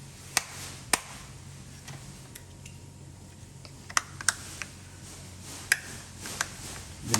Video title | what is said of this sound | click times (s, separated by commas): Gesture Adjustment Knob Reassembly | you just snap into place back on | 0.4 s, 0.9 s, 4.0 s, 4.3 s, 5.7 s, 7.1 s